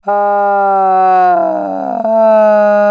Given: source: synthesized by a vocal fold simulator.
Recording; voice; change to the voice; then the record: sustained vowel; female; asymmetry, level 35 of 51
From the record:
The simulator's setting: 4.40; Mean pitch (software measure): 184 Hz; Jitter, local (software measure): 0.63%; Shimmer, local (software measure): 3.4%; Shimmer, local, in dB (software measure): 0.26 dB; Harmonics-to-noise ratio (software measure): 26.1 dB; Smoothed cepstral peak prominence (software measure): 15.9 dB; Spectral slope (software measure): -23.2 dB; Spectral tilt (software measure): -12.8 dB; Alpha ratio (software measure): -13.7 dB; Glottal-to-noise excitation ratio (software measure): 0.908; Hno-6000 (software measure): 2.7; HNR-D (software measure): 34.3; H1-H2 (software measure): -3.6 dB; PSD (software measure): 1.6e-03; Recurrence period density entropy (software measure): 0.121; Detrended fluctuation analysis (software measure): 0.0232